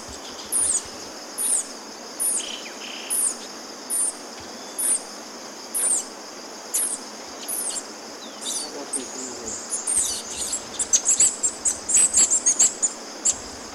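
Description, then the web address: Golden-eared Tanager calls: very high, sharp, thin notes repeated about once a second, later joined by a denser twittering burst, over a steady insect hiss. Recorded in Ecuador, South America. "Birds of Ecuador. Golden-eared Tanager"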